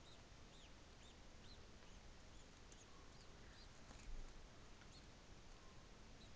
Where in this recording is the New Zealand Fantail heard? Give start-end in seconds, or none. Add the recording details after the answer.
none. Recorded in New Zealand on 24 December 2018. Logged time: 13:35